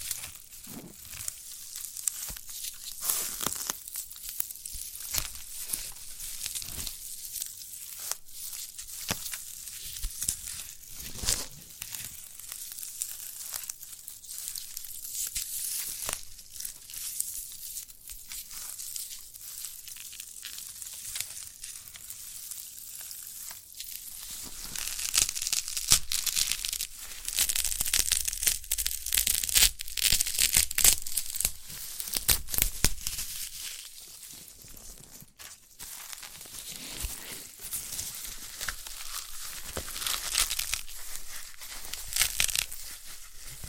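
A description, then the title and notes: A sprouted coconut is handled with dense, crackly tearing and crinkling sounds, bright and scratchy, swelling louder around the middle before easing off. ASMR of a Sprouted Coconut (No Talking).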